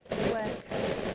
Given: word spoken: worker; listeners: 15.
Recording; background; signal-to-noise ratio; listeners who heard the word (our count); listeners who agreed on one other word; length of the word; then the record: one English word in noise, from a listening test; noise modulated by three-talker babble; -6.4 dB; 5 of 15; 8 of 15; 0.74 s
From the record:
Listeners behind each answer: 8, 5, 1, 1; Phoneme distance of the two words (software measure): 7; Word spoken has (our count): 2 syllables, 4 phonemes, stress on syllable 1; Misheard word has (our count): 1 syllable, 3 phonemes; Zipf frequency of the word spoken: 4.28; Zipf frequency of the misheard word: 5.99